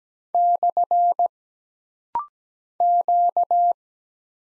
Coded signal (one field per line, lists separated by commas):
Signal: Morse code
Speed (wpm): 17 wpm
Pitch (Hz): 700 Hz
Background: none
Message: / Q